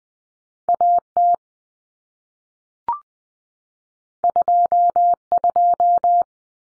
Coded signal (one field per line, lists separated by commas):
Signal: Morse code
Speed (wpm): 20 wpm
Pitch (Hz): 700 Hz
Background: none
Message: AT 22